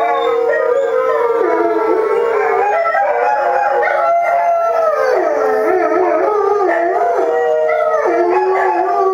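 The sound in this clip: Dog howling, long sustained wavering tones that rise and fall in pitch.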